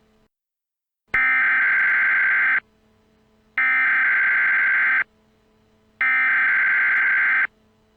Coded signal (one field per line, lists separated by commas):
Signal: Emergency Alert System (SAME) tones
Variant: header bursts